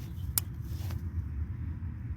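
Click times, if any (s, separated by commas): 0.4 s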